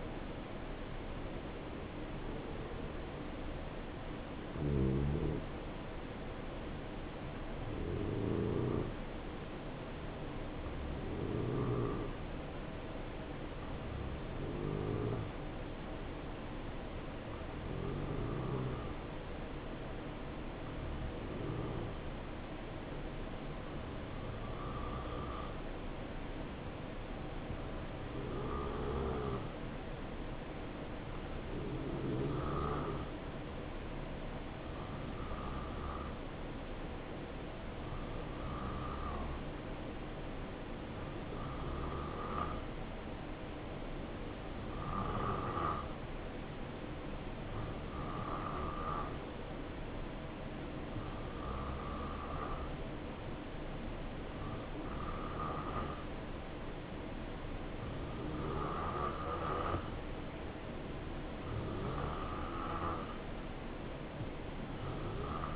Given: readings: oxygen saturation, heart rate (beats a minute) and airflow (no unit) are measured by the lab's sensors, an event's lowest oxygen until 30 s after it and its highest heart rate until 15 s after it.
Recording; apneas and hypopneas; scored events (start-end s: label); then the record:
breathing in sleep by a voice recorder at the bedside; 1
8.00-61.10 s: hypopnea (N2, oxygen 94% highest, then 88% lowest, heart rate 67 at the start, 72 highest)
From the record:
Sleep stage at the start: N2 (light sleep); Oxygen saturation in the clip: 87 to 94%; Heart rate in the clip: 66 to 77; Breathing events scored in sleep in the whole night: 277 in 7.4 hours asleep